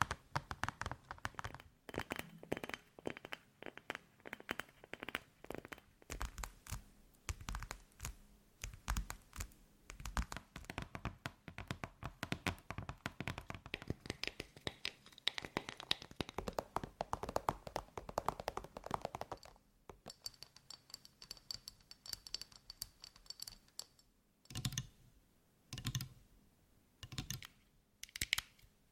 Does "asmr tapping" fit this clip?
yes